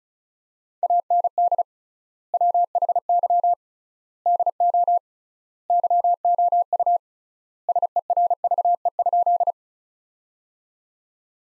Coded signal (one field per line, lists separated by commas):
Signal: Morse code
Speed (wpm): 34 wpm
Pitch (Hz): 700 Hz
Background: none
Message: AND WHY DO YOU SERVE?